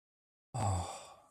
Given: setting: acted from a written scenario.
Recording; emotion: vocal sound without words; realization